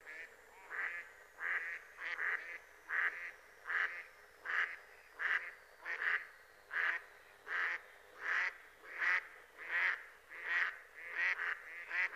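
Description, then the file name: Mallard quacks, harsh nasal notes repeated steadily, roughly one to two per second, some doubled, with a faint high thin tone drifting downward in the background. "Germano Reale"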